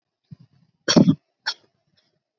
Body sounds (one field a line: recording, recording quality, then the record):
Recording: heavy voluntary cough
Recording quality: poor, much background noise or distortion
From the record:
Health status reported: healthy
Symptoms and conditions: cough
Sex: female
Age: 32 years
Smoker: not ticked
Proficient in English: yes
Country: India